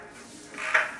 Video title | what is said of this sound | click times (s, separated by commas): CapStone2022 6 | you'll hear it lock into place. | 0.8 s